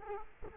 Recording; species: mosquito wingbeat signal from an infrared sensor; Culex quinquefasciatus